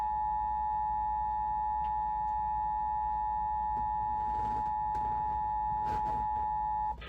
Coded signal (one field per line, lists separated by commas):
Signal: Emergency Alert System (SAME) tones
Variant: 853 and 960 Hz attention tone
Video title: (EAS #2,157 - #2,190) POTTAWATTAMIE GETS A WHOOPING - EAS Alerts from 4/23/25 - 4/24/25